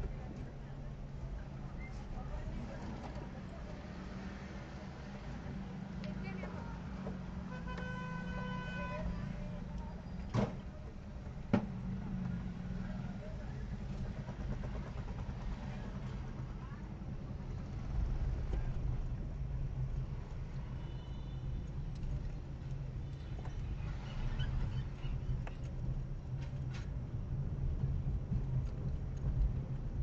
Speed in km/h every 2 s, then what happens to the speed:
4, 5, 0, 0, 5, 4, 7, 9, 9, 13, 15, 15, 14, 19, 19.
3-7 standing. 7-30 pulls away to 19.